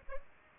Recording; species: mosquito wingbeat signal from an infrared sensor; Culex pipiens